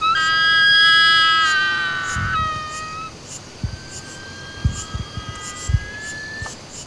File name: Águia-Cinzenta